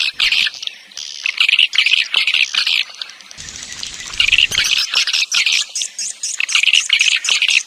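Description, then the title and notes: Swiftlet: high, harsh twittering in quick bursts, with a short low rumble near the middle before the chirping picks up again. Swiftlet farming sound, Asia. "Swiflet Bird Sound. Farming Swiflet Bird asia sound"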